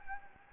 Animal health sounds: mosquito wingbeat signal from an infrared sensor; Anopheles gambiae

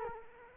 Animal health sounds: mosquito wingbeat signal from an infrared sensor; Culex quinquefasciatus

